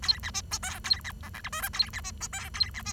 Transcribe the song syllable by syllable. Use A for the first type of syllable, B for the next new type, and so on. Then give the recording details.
A B C D E A B F G H I J A B C D E A B C. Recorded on 23 June 2012 at 08:10. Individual gr41rd51